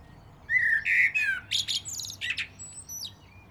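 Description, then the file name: Common blackbird song: a low fluted warble, then a burst of high, squeaky twittering notes and a few thin high whistles at the end. "Turdus merula"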